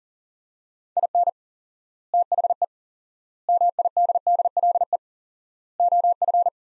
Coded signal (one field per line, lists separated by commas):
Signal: Morse code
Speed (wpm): 37 wpm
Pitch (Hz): 700 Hz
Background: none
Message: IN THE MIDDLE OF